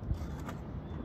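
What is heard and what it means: The power liftgate of a 2012 Acura MDX Base SUV closes over an overfull cargo area, its latch heading toward the striker. A steady low rumble fills the clip, with a brief faint tick near 0.5 s. Nothing has seated or clicked yet.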